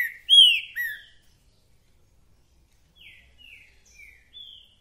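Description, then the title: Green-winged saltator gives a short, loud whistled phrase of sliding notes, followed by a few quieter, evenly spaced descending whistles. Trinca-ferro calling, singing and showing male aggression in a dispute; repetitive singer delivering one song after another; 'mercenário' song type; used to stir up other trinca-ferros. "Esse É PERFEITO Para ESQUENTAR Seu TRINCA Piando, Cantando E Macheando Na DISPUTA. TRINCA FERRO REPETIDOR !! UM CANTO ATRÁS DO OUTRO!!! TRINCA FERRO MERCENARIO!"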